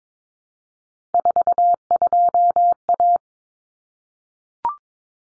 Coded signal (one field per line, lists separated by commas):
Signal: Morse code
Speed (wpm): 22 wpm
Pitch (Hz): 700 Hz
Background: none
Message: 42A